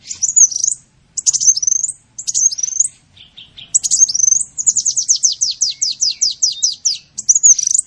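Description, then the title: Sunbird song: several short squeaky high phrases followed by a long, fast series of descending trilled notes and a final bright phrase. In full song (gacor), with phrases copied from the cililin and the canary. "Kolibri gacor isian cililin dan kenari"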